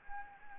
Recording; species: mosquito wingbeat signal from an infrared sensor; Anopheles gambiae